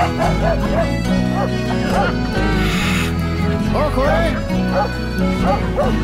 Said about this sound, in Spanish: Pues vio que con cara de pocos amigos, dos perros grandotes ladraban.